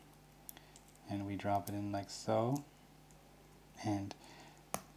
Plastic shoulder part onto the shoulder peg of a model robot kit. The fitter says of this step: push it on there until you hear that little click and now it's in it's it's being held in it's not going to come off